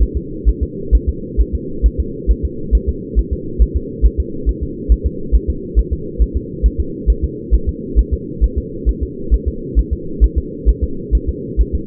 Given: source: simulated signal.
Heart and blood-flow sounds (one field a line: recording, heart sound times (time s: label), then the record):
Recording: fetal heart sounds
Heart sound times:
0.02 s: S1
0.17 s: S2
0.49 s: S1
0.63 s: S2
0.95 s: S1
1.09 s: S2
1.41 s: S1
1.55 s: S2
1.86 s: S1
2.00 s: S2
2.31 s: S1
2.45 s: S2
2.75 s: S1
2.89 s: S2
3.19 s: S1
3.33 s: S2
3.62 s: S1
3.76 s: S2
4.06 s: S1
4.20 s: S2
4.49 s: S1
4.63 s: S2
4.92 s: S1
5.06 s: S2
5.35 s: S1
5.50 s: S2
5.79 s: S1
5.93 s: S2
6.22 s: S1
6.36 s: S2
6.66 s: S1
6.80 s: S2
7.10 s: S1
7.24 s: S2
7.54 s: S1
7.69 s: S2
7.99 s: S1
8.14 s: S2
8.44 s: S1
8.58 s: S2
8.89 s: S1
9.03 s: S2
9.34 s: S1
9.48 s: S2
9.79 s: S1
9.93 s: S2
10.24 s: S1
10.38 s: S2
10.69 s: S1
10.84 s: S2
11.15 s: S1
11.29 s: S2
11.61 s: S1
11.75 s: S2
From the record:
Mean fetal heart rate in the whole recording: 135 bpm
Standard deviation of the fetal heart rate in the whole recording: 3 bpm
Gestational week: 34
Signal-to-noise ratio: -4.3 dB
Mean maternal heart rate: 72 bpm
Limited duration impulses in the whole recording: absent